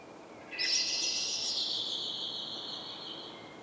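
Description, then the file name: Common blackbird singing one high, strained twittering phrase lasting about a second, then a thin fading tail over quiet background hiss. "Turdus merula"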